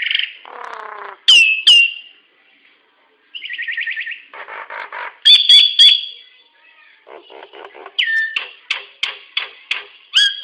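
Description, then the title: Nias hill myna calls: varied whistles, a buzzy trill, soft chatter and sharp notes repeated toward the end. "Burung jalak nias"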